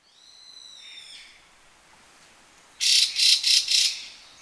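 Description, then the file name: Chinese hwamei with a faint, level whistled note, a pause, then four loud, grating calls in quick succession. "gabicho"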